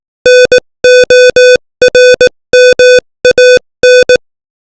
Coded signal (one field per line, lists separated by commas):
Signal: Morse code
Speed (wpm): 18 wpm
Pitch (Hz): 500 Hz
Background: none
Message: NORMAN